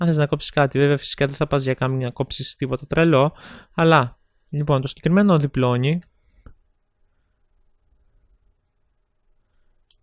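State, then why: Seated. Someone talks for about six seconds while folding a thin sheet-metal folding wallet credit-card knife into shape, then there is near silence with a faint tick around 6.5 s. At 9.9 s a short, quiet click sounds as the plastic/metal locking tab snaps shut, leaving the card knife latched closed.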